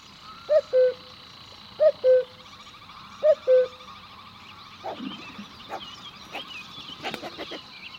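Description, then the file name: Cuckoo calls, a clear two-note falling cu-coo repeated three times about every 1.4 seconds, followed by faint clicks and rustling. "minutes of cuckoos"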